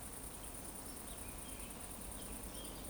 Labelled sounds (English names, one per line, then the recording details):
Eurasian Woodcock whistle
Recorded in Baden-Württemberg, Germany, on 25 June 2020 at 20:10 UTC
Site 14569, 102 m above sea level